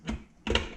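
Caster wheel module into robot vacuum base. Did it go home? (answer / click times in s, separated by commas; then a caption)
yes / 0.5 s, 0.6 s. A plastic caster wheel module is pushed down into its socket on the underside of a robot vacuum until it snaps in. A soft muffled tap comes around 0.1 s, then sharp clicks at 0.5 s and 0.6 s, and the module is seated, all clicked back in.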